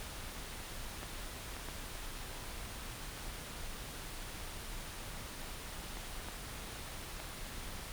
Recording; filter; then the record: brain microelectrode recording played as sound; wide band, above 20 Hz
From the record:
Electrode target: subthalamic nucleus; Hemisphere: right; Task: reaching with the left hand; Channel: 1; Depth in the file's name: 5.102 mm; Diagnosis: Parkinson's disease